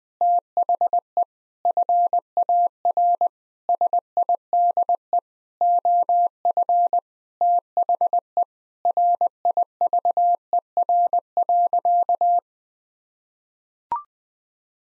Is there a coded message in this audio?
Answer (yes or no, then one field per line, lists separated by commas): yes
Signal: Morse code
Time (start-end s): 0.2-12.4 s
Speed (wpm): 20 wpm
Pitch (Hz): 700 Hz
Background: none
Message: THE FAR SIDE OF THE RIVER.